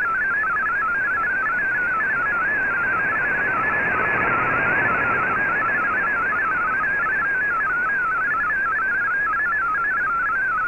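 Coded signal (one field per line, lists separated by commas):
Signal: multi-tone FSK (Olivia or MFSK type)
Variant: MFSK32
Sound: rapid warbling tone hopping between many pitches, like a fast random melody in hiss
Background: radio static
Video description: Here is my decode of the Shortwave Radiogram broadcast today on 15770Khz shortwave radio at 1300UTC in MFSK32 and 64 and with 9 SSTV images.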